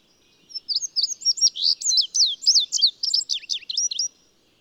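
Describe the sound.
Bird song: one continuous phrase of quick, high, sweeping whistles and twitters lasting about four seconds.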